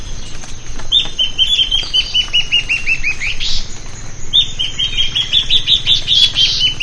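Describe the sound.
Bird calls: fast series of bright, downslurred whistled notes in two long runs, with a steady low rumble underneath.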